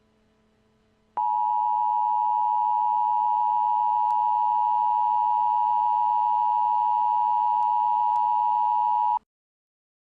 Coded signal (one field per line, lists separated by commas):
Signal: Emergency Alert System (SAME) tones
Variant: 853 and 960 Hz attention tone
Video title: EAS Scenario - Spacial Rand (Part 1)